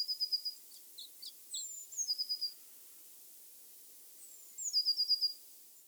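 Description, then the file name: Eurasian blue tit giving short rapid trilled runs in three separate bursts with quiet gaps between, the later two led in by high thin notes. "Cyanistes caeruleus"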